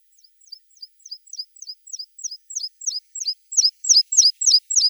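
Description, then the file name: Meadow pipit song, a series of thin downslurred notes about three to four per second, growing steadily louder and fuller toward the end. "Anthus pratensis"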